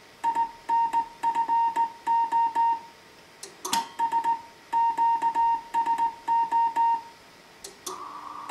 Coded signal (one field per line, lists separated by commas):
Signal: Morse code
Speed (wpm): 17 wpm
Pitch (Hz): 920 Hz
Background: music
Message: INFO ES QSO